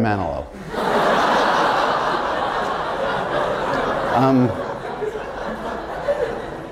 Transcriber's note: laughter